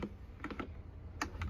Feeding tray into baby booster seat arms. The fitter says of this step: இந்த மாதிரி just press பண்ணீங்கன்னா உங்களுக்கு லாக் ஆயிடும்